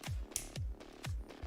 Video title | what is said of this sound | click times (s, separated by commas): Tallgeese - Getting Snapped - I need a back pack and a body!!! | hear that snap. | 0.4 s